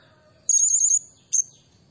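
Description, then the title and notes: Blue-crowned hanging parrot giving a very high, sharp, slightly wavering trill lasting half a second, followed by one short piercing squeak. Lure for training and attracting birds; a very vocal bird giving 'nembak' calls, meant to provoke other birds. "Burung Serindit Nembak Gacor Bikin Emosi Semua Burung. Suara Nasteran Dan Pemikat Burung Serinditan Gacor"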